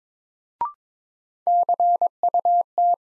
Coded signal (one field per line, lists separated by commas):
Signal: Morse code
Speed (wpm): 21 wpm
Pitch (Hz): 700 Hz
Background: none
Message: CUT